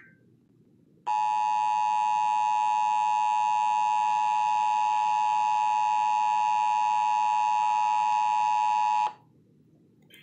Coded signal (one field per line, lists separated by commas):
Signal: Emergency Alert System (SAME) tones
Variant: 853 and 960 Hz attention tone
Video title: 2019 National Periodic Test (KDAF/KDFI) (EAS #387-388).